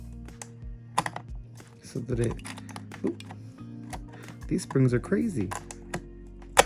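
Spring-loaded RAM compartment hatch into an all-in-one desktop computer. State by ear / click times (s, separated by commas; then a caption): seated / 6.6 s. Someone talks while the spring-loaded RAM compartment hatch of a 2022 iMac 5K, closed over newly seated RAM modules during a 128GB upgrade, is pushed down evenly against its strong springs, with scattered small clicks and rattles along the way. The hatch pops into place with a sharp, loud click at 6.6 s, seated.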